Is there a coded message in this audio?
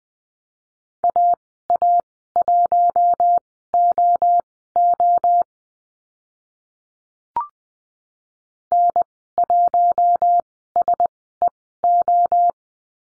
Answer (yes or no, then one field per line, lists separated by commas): yes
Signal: Morse code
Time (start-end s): 1.0-12.5 s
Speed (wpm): 20 wpm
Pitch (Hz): 700 Hz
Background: none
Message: AA1OO N1SEO